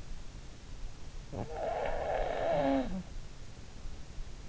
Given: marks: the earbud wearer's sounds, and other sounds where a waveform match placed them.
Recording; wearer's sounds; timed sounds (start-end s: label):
sounds in sleep by an in-ear microphone; snoring breath
1.21-3.39 s: snoring breath